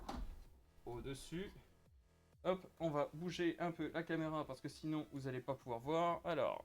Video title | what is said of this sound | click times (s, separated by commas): Avis sur la oneConcept Icebreaker Ice Crusher, Up to 15 kg/hour, Chic Steel Look, 3.5 Litre Capacity | Et ça, bien entendu, ça s'enclenche | 0.1 s